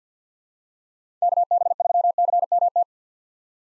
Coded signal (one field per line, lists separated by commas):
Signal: Morse code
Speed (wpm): 50 wpm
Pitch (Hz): 700 Hz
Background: none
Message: KB3CMT